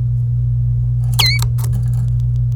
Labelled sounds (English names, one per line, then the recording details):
Domestic Canary song
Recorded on 26 April 2018 at 11:37
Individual llb3